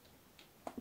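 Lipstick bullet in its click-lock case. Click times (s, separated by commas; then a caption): 0.7 s. A locked, gold-packaged lipstick case holding an expired lipstick bullet is twisted, then clicked so the bullet pops out of the bottom. After a faint tick at 0.4 s, a quiet, sharp click sounds at 0.7 s, followed by a brief low rattle. The case is released open.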